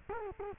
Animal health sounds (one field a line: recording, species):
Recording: mosquito wingbeat signal from an infrared sensor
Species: Culex quinquefasciatus